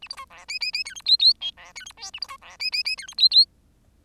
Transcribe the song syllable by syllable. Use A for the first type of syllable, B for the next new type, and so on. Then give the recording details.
A B C D E E E F G H H I D F G J A B C D E E E F G H H. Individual Bird10